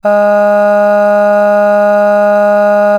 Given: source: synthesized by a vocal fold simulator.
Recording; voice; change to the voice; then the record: sustained vowel; female; aspiration noise (breathiness), level 4 of 10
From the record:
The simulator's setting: 0.61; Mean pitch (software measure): 206 Hz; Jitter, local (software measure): 0.27%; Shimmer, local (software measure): 2.5%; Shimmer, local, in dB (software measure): 0.21 dB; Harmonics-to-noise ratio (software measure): 26.8 dB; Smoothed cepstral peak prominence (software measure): 17.0 dB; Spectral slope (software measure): -21.9 dB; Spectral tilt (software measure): -8.0 dB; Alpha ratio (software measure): -12.4 dB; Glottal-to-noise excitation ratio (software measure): 0.949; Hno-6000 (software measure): 2.3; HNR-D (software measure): 40.0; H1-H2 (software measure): 9.5 dB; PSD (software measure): 2.7e-05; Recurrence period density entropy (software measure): 0.127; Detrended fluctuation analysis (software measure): 0.0274